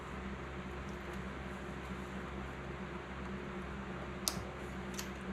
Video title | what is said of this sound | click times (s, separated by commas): Trunk install on Indian Challenger 2020 Darkhorse | super easy, you can hear it click in. | 4.3 s